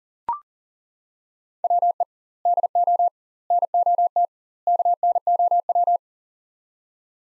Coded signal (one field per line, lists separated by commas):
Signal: Morse code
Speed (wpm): 40 wpm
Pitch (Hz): 700 Hz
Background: none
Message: WE DO NOT KNOW